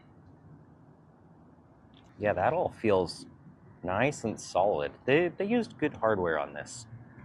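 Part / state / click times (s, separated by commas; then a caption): folding stem latch on an electric scooter / not seated / none. The metal folding stem latch on an Ausom Leopard electric scooter is handled as the folding mechanism is worked toward its riding position. A low steady background hum gives way to someone talking from about 2.2 s to the end. Nothing has seated or clicked yet.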